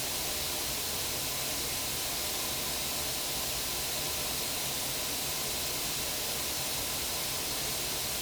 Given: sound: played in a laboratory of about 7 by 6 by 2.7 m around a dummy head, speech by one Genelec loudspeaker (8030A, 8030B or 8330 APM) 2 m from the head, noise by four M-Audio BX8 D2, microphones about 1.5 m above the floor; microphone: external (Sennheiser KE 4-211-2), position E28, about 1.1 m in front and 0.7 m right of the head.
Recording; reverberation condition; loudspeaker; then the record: white noise; low; four, about 170 cm from the corners of the room and facing them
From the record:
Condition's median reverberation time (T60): about 310 ms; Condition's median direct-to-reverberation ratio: about 3.5 dB